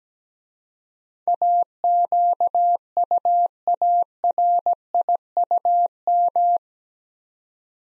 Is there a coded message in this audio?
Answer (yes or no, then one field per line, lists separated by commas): yes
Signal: Morse code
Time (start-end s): 1.3-6.6 s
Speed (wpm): 17 wpm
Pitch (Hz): 700 Hz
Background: none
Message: AQUARIUM